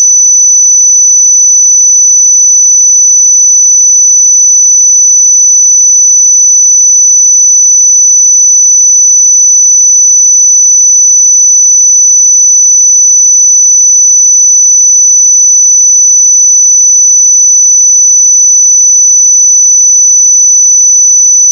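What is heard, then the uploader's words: A pure sine tone at 5989 Hz holds completely steady for the full twenty-two seconds, a thin, piercing high whistle. Its loudness never wavers, and nothing else sounds behind it; the background is silent. 5989 Hz 1 Hz Interval Sine Pure Tone Frequency 441000 Sample Mono.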